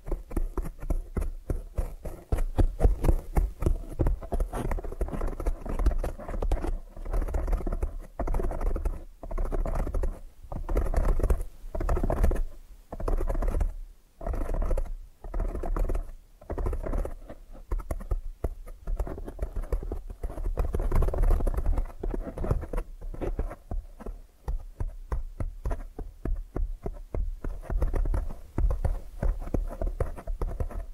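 Quick ASMR tapping runs almost without a break, a dense patter of light taps with a soft scratchy edge, like fingertips drumming on a surface. Brief pauses fall around 14 and 16 seconds, and a steady low hum sits underneath throughout.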